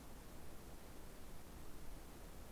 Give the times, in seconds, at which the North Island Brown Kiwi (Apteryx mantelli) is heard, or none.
none